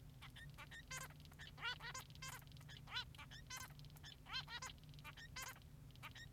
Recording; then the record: song of a male Bengalese finch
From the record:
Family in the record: son of father 3